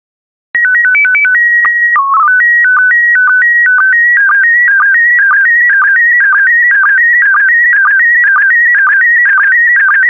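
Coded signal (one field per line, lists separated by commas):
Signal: SSTV (slow-scan television)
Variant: PD120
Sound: brief stepped header tones, then a steady warbling tone chirping about twice a second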